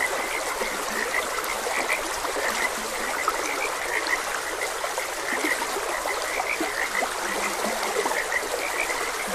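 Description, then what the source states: Frogs calling with quick repeated croaks, some in close clusters, over the even rush of a flowing stream. Frogs croaking beside a gentle stream.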